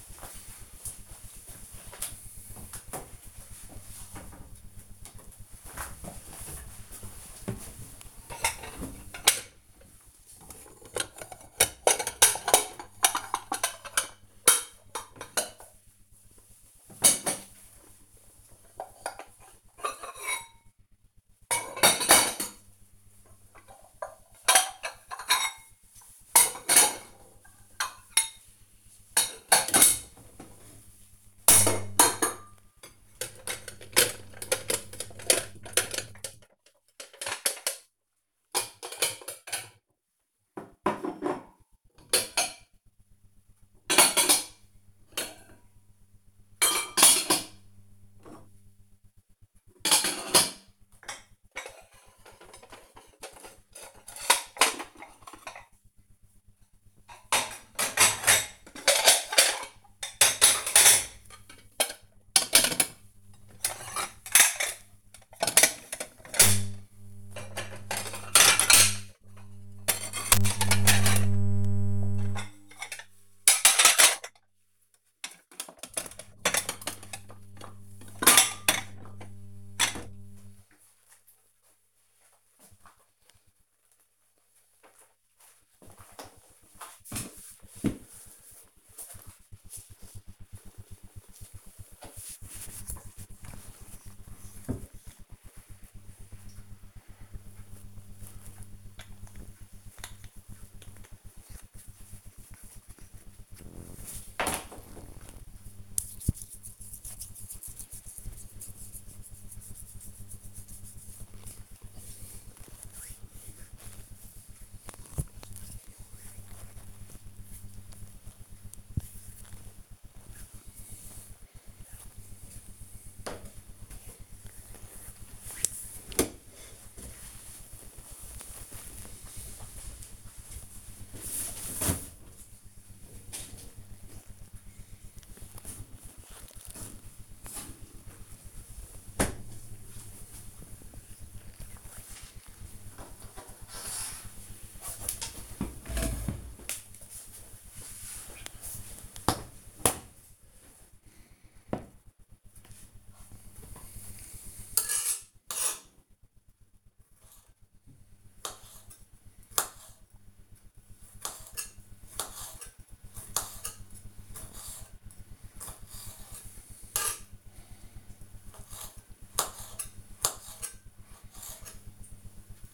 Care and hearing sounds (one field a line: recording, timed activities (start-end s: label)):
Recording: household activities, microphone on the right wrist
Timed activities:
4.62-82.22 s: putting away the dishes
92.28-123.54 s: cream hands
152.74-172.74 s: cutting vegetables